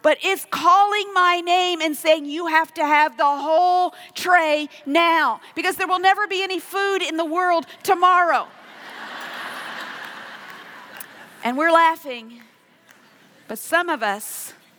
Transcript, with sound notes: It’s calling my name, saying, “You have to have the whole tray now because there will never be any food in the world tomorrow.” (laughter) And we’re laughing, but some of us